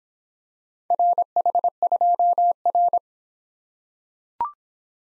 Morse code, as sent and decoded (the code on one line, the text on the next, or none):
.-. .... ..--- .-.
RH2R